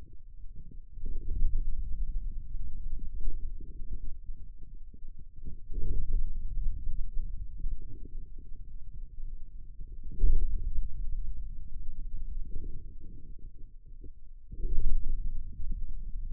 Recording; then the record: forearm muscle sounds (acoustic myography)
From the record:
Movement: pen grasping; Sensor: system 2, bracelet of six BSWA MPA416 microphones around the upper forearm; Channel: 6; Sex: male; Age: 22 years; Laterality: right